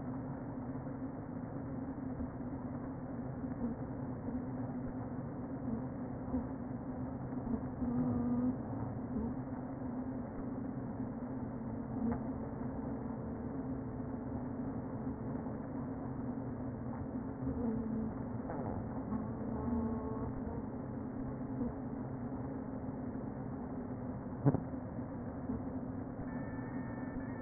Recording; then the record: honeybee colony, microphone inside the hive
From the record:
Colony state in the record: queen present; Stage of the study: before two queens were removed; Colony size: about 60,000 bees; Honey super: yes